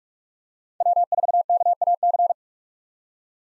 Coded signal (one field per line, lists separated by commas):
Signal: Morse code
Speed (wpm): 43 wpm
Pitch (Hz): 700 Hz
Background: none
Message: W4KAC